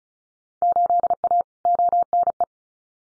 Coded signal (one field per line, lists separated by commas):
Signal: Morse code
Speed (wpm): 36 wpm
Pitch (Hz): 700 Hz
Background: none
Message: 8A ONE